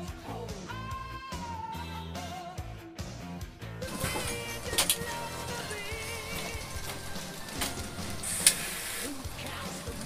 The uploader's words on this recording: Tony Stark's Lab Ambience ASMR. Mechanical whirring, tinkering sounds (hammering, drillling, etc), music.